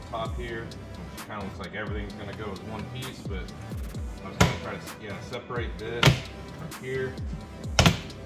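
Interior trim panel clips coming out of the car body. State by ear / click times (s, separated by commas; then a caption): released / 7.8 s, 7.9 s. Someone talks over background music while pulling a plastic/carpeted interior trim panel on a Tesla Model 3/Y to unsnap it from the top, separating it so it comes out of the cavity by itself during a speaker and subwoofer audio upgrade install. The panel's retaining clip tabs pop loose from the car body with sharp snaps at 7.8 s and 7.9 s, releasing the trim piece.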